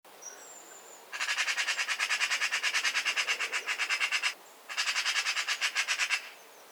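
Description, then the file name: Eurasian magpie rattle: a fast, machine-gun series of dry chak notes for about three seconds, a brief break, then another shorter rapid rattle. "Pica pica"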